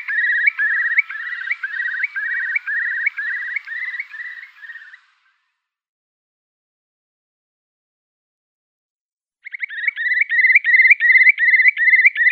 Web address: Schulze Peter Eurasian Curlew display